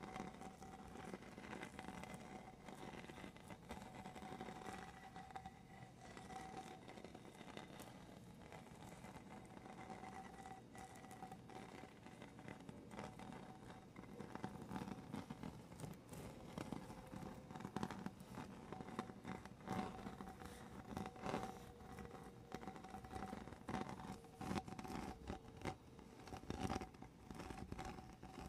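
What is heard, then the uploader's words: Gentle tapping and scratching runs continuously for the whole clip as dense clicks and scrapes over a faint steady hum. ASMR medium gentle tapping and scratching. Sounds like: wooden toy memories, building blocks, books with puffy covers.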